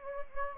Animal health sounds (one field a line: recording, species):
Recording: mosquito wingbeat signal from an infrared sensor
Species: Anopheles gambiae